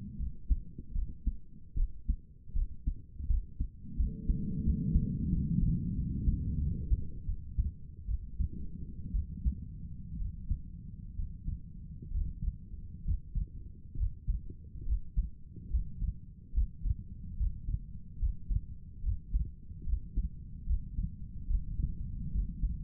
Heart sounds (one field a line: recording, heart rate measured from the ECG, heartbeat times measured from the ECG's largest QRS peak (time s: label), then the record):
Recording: heart sounds by stethoscope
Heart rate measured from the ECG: 73 bpm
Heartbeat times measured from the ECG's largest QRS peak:
0.18 s: heartbeat
0.93 s: heartbeat
1.75 s: heartbeat
2.54 s: heartbeat
3.28 s: heartbeat
3.97 s: heartbeat
4.64 s: heartbeat
5.30 s: heartbeat
5.95 s: heartbeat
6.59 s: heartbeat
7.26 s: heartbeat
8.07 s: heartbeat
9.13 s: heartbeat
10.18 s: heartbeat
11.16 s: heartbeat
12.11 s: heartbeat
13.04 s: heartbeat
13.96 s: heartbeat
14.85 s: heartbeat
15.70 s: heartbeat
16.53 s: heartbeat
17.36 s: heartbeat
18.19 s: heartbeat
19.02 s: heartbeat
19.85 s: heartbeat
20.66 s: heartbeat
21.47 s: heartbeat
22.31 s: heartbeat
From the record:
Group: healthy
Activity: rest 0-5 s, Valsalva maneuver 5-23 s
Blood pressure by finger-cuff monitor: 81/53 mmHg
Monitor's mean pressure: 63 mmHg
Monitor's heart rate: 75 bpm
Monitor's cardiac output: 6 L/min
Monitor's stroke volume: 77 mL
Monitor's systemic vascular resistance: 700 dyn s/cm5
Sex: female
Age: 22 years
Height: 163 cm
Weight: 67.1 kg